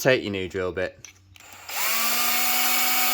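Someone talks, then a new drill bit is inserted into the open keyless chuck of a Ryobi cordless drill before the chuck is tightened, with a short sharp tap at about 1.4 s. From about 1.7 s the drill runs with a steady whirring motor tone until the end. Nothing has seated or clicked yet.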